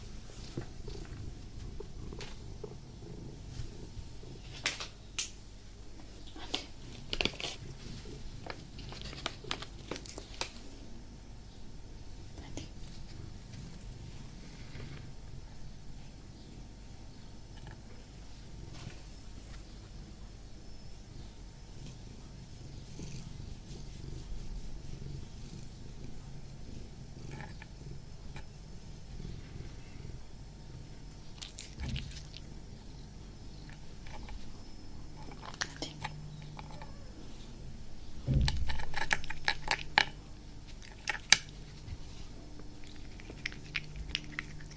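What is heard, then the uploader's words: Cats purr with a steady low rumble throughout, broken by scattered soft rustles and brief bright scratches, busier near ten and forty seconds. ASMR with my cats massaging, purring, cuddling.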